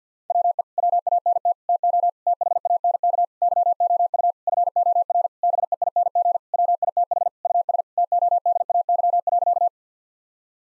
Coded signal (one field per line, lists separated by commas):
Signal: Morse code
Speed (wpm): 50 wpm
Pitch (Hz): 700 Hz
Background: none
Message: WE WANT TO THANK YOU FOR BEING WITH US TODAY.